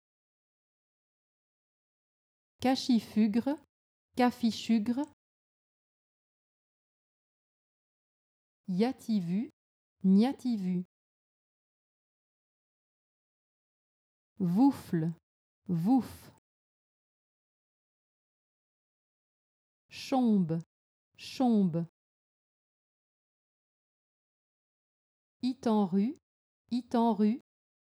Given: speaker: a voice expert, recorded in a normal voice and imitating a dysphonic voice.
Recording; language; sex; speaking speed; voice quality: pseudo-word pairs; French; female; normal speed; normal voice